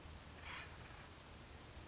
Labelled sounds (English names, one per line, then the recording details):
Acorn Woodpecker
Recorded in Sonoma County, California